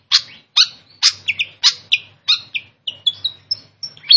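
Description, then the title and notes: Pied fantail calls: a series of short, sharp notes, some with thin whistles, given at short irregular intervals. Masteran training audio with a clear voice. "Masteran Sikatan Kipas Suara Jernih Dan Suara Gemericik Air. Suara Burung Sikatan Londo"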